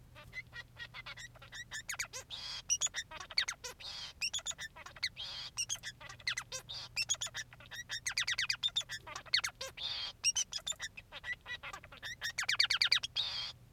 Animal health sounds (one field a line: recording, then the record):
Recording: song of a male Bengalese finch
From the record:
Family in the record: son of father 3